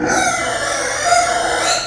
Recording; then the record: squeal of a Yucatan mini pig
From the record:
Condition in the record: before surgery on the right vocal fold (resection and tissue-engineered implant); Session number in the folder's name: 3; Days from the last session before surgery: 0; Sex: female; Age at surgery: 19 weeks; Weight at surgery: 25 kg